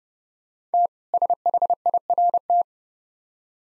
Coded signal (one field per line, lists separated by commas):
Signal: Morse code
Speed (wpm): 30 wpm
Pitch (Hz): 700 Hz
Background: none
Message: T SHIRT